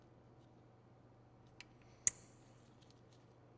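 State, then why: Seated. A plastic courtesy light lens cover is pressed back into the door panel housing of a 2012-2014 Toyota Camry, over a T10 (194/168) LED bulb that does not sit fully in its socket. After a faint tick at 1.6 s, a sharp, bright click at 2.1 s marks the cover snapping on and seating, followed by quiet.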